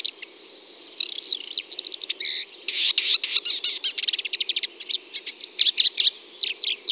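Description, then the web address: Red-backed shrike song: a fast, scratchy medley of high chirps, buzzy notes and clicks, varied and continuous throughout. "Lanius collurio. ns svatomartinska alej"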